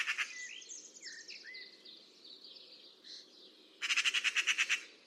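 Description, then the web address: Bird with a loud pulsed, rasping rattle near the end, after a spell of varied slurred whistles and chirps. "Deverinetal 2025 File origin Bird Only"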